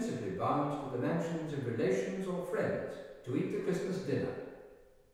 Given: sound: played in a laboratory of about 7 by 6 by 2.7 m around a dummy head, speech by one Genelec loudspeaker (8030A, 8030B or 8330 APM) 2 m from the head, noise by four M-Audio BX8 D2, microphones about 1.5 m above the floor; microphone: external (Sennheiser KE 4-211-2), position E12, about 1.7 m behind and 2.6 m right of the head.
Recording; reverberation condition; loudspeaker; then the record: male speech in English; high; 30 degrees to the left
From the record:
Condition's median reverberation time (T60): about 1300 ms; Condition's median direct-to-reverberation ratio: about -4.0 dB